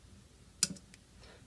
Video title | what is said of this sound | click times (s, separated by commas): My Movie 3 | they snap right in | 0.6 s